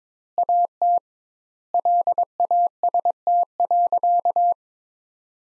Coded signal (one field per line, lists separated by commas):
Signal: Morse code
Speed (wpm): 22 wpm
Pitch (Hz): 700 Hz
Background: none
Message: AT LAST.